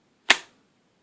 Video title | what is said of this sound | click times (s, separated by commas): KELTEC SUB2000 .40 s&W FOLDING RIFLE REVIEW | see if you can hear this click | 0.3 s